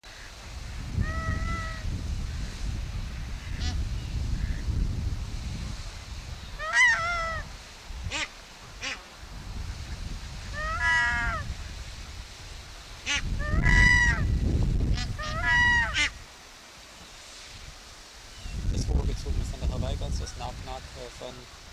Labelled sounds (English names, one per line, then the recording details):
Hawaiian Goose call
Bar-headed Goose
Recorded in captivity
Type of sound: call
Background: Anser indicus
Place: Wildlife Park Shubenacadie, Nova Scotia, CA
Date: 1991-10-10 11:55
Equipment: Sony WM-D6C, Sony ECM-939 LT (Stereo), Kopie Uher 4400 IC
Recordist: Frommolt, Karl-Heinz
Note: Langgezogene Rufe. Im Hintergrund Streifengans